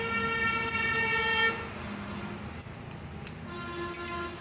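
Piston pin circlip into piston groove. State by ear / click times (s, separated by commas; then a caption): not seated / none. A metal circlip is being handled and pressed toward the groove of the piston pin bore on a Splendor motorcycle piston, with steady tonal background music throughout. Brief sharp ticks occur around 2.6, 3.3, 3.9 and 4.1 seconds. Nothing has seated or clicked yet.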